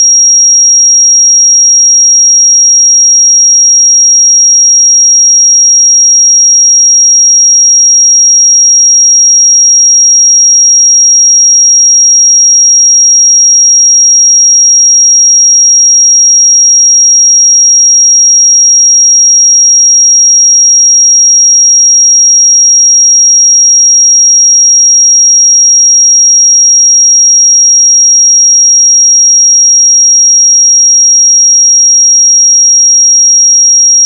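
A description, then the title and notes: A pure sine tone at 5633 Hz holds perfectly steady for the full thirty-four seconds. The single high, thin whistle never wavers in pitch or loudness, with silence beneath it and no other sounds. 5633 Hz 1 Hz Interval Sine Pure Tone Frequency 441000 Sample Mono.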